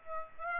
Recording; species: mosquito wingbeat signal from an infrared sensor; Aedes aegypti